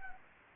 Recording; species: mosquito wingbeat signal from an infrared sensor; Anopheles gambiae